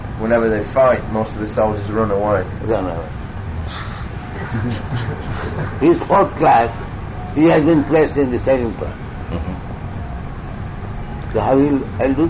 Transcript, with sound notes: Whenever they fight, most of the soldiers run away. [laughter]
He's fourth class. He has been placed in the second class. So how he'll do the...